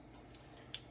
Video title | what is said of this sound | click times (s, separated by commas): Pizza Rolls | If you can hear it snap together, so you never lose them in your cabinets. | 0.7 s